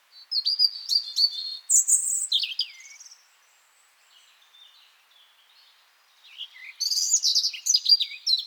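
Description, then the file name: European robin, high thin twittering phrases with sharp descending slurs in two bursts separated by a quiet gap of about three seconds. "Erithacus rubecula"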